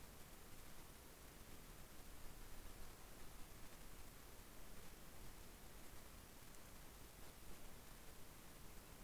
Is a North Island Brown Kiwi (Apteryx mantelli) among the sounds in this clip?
no